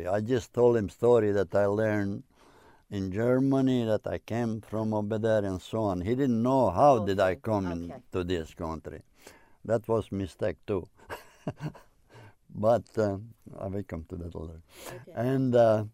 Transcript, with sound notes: I just told him story that I learned in Germany, that I came from over there and so on. He didn't know how did I come into this country. That was mistake too. (He laughs.) But we come to that later. And ah,